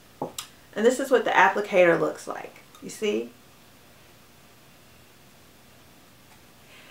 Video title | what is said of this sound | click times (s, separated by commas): FreeStyle Libre Glucose Monitoring Review | gonna open the applicator and you'll hear it click open and this | 0.2 s, 0.4 s